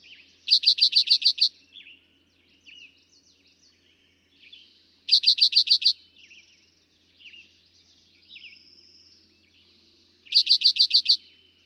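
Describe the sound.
Eastern towhee song: a loud, fast, pulsed trill of about eight notes, repeated every five seconds, with softer chirps between.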